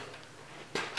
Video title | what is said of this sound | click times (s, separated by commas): TechKenny DIY: How To Install Recessed Lighting | and your light is locked into place like that okay so that's the tricky part | 1.0 s